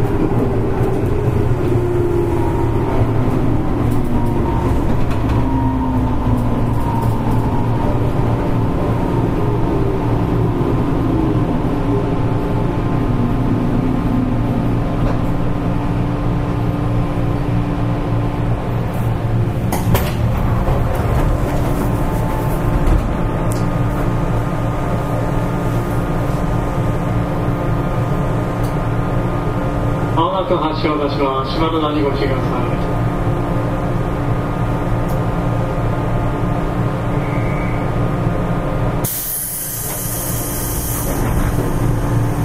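A local train runs steadily, its motor whine sliding down in pitch over the first fifteen seconds beneath a dense, constant low rumble. A sharp jolt comes near twenty seconds, a rattling warble around thirty, and a brief bright hiss near forty.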